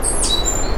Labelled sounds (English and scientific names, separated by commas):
Stitchbird (Notiomystis cincta) song